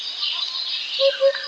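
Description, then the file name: Eurasian hoopoe giving two short, low hollow hoots about a quarter second apart near the end, set against a constant loud high hiss. "dudek"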